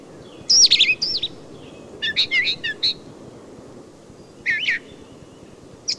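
Brown thrasher song opening with a loud, swooping high whistle, followed by choppy clusters of chirps and a rising slurred note.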